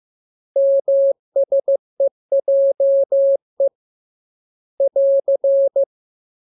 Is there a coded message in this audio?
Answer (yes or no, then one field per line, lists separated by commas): yes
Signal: Morse code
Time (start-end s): 0.6-5.8 s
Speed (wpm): 15 wpm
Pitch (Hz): 550 Hz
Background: none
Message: MSEJE <AR>